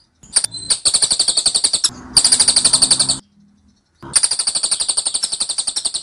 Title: Tembakan Cililin Rapat Ngotot Durasi Panjang Suara Cililin Gacor Untuk Masteran Murai Batu